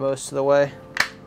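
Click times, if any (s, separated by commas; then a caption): 1.0 s. The aluminum gear drive housing of a Newbee 4GS electric skateboard drive is pressed the last of the way into its bottom case while someone talks. One sharp snap is heard at 1.0 s as the housing seats.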